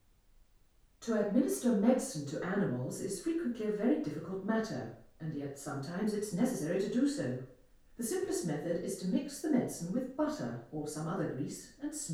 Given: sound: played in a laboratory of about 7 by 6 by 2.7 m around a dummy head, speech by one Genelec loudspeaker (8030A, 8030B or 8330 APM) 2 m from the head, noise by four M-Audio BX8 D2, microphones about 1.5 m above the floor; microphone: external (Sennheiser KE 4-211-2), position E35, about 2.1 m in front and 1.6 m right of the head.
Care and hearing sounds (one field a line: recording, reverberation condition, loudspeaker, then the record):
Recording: female speech in English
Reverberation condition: medium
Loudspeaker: 60 degrees to the left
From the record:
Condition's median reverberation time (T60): about 510 ms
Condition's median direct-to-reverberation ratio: about -0.5 dB